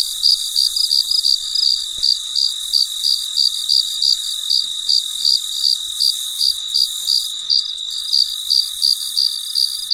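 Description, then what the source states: Cricket chirping in steady high-pitched pulses, about three per second, over a constant shrill insect hum; no other sounds. Recorded late at night in very quiet surroundings.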